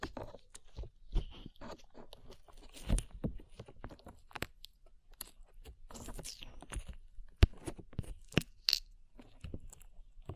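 Sticky slime being pressed and pulled, making a string of quick wet crackles and soft pops that come close together and irregularly throughout. Sharper snapping clicks stand out now and then, notably around two to three seconds and near seven and a half.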